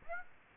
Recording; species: mosquito wingbeat signal from an infrared sensor; Aedes aegypti